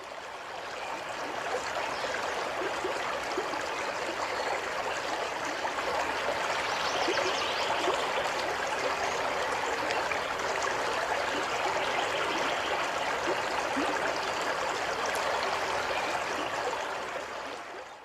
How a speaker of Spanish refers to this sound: Soy río y sueno, sonoridad de río. Suena y golpea y se lleva las penas y pesares.